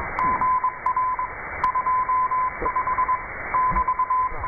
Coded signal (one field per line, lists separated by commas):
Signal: Morse code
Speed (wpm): 22 wpm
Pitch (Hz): 1020 Hz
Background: radio noise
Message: GR 25 <BT>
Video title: 4XZ IDF 6606 KHZ USB CW Israeli Navy encoded message